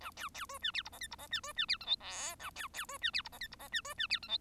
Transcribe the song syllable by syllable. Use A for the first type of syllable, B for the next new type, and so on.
A B B C D E F G H F G D C D E I J K A B B C D E F G H F G D C D E I J